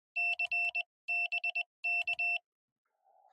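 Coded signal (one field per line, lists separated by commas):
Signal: Morse code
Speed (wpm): 20 wpm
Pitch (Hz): 2700 Hz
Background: none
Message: C BK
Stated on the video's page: Morse code from a QRP portable Parks On The Air activation at a two-park site, Yadkin River State Game Land and State Trail.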